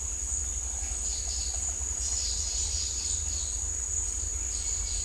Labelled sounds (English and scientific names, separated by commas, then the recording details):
none
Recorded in dense forest near Puerto Asís, Putumayo, Colombia, on 20 December 2024 at 17:00
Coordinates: 0.467, -76.328
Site GP05